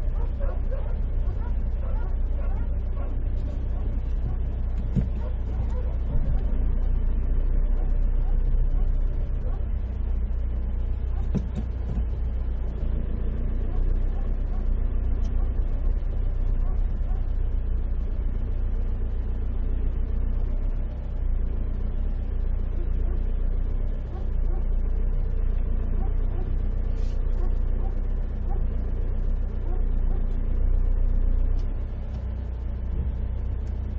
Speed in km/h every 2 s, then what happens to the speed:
0, 0, 0, 4, 0, 0, 3, 4, 2, 2, 1, 0, 0, 0, 0, 0, 0.
0-11 standing. 11-16 steady at about 3. 16-34 standing.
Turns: none.